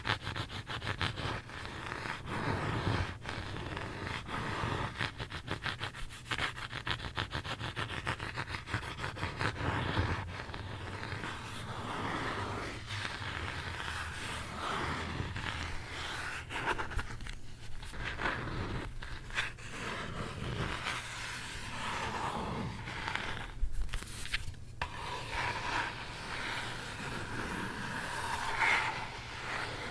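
Continuous scratching on a book, with quick rasping strokes packed tightly together and hardly a gap. The scratching stays even throughout, with brief lulls around seventeen and twenty-four seconds, while a low, steady hum runs underneath.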